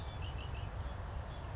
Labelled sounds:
Red-winged Blackbird
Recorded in Sonoma County, California

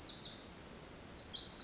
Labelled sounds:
Pacific Wren
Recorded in Sonoma County, California

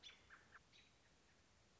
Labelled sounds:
American Robin
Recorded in Sonoma County, California

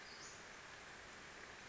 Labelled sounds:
Western Flycatcher
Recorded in Sonoma County, California

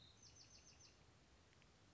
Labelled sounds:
Bewick's Wren
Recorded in Sonoma County, California

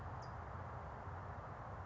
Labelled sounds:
California Towhee
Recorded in Sonoma County, California

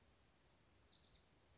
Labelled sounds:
Orange-crowned Warbler
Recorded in Sonoma County, California

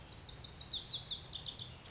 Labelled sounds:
Lazuli Bunting
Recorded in Sonoma County, California

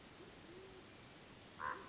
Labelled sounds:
Band-tailed Pigeon
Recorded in Sonoma County, California

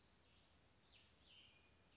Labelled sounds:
Cassin's Vireo
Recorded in Sonoma County, California

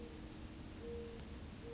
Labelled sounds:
Mourning Dove
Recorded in Sonoma County, California

